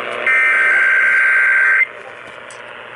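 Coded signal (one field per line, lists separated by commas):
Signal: Emergency Alert System (SAME) tones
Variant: header bursts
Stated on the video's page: Required weekly test on a TV/radio station.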